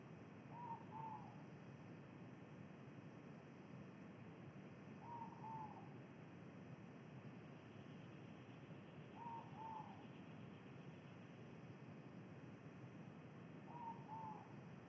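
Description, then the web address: Ivory-breasted pitta giving soft paired whistles, two short mellow notes, repeated about every four to five seconds over a steady low rumble. Indonesia. "ULM-DS-Lab indonesian-bird-sounds. Pitta maxima"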